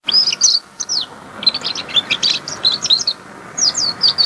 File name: canarino canto